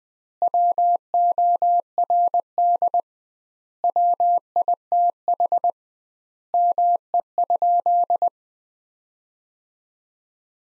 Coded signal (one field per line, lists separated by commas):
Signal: Morse code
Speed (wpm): 21 wpm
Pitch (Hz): 700 Hz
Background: none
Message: WORD WITH ME?